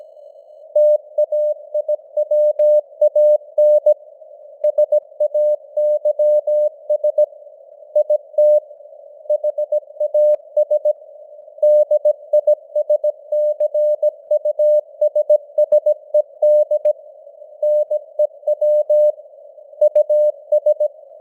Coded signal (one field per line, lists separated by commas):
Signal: Morse code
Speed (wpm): 17 wpm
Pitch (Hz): 600 Hz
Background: none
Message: TAIWAN SAYS IT HAS DISCUSSED NEW US